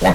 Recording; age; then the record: pig call; piglet (1 to 25 days)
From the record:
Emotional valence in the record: positive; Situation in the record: reunion after long isolation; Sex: female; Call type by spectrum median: low-frequency call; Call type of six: low-frequency tonal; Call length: 0.15 s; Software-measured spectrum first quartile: 311 Hz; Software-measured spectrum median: 633 Hz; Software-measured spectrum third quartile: 1198 Hz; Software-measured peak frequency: 179 Hz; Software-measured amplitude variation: 95 dB a second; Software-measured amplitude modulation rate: 3.4 a second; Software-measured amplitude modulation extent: 28.4 dB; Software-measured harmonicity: 0.2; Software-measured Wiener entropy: -1.25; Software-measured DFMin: 899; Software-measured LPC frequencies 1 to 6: 685, 1929, 2849, 3793, 4467, 5399 Hz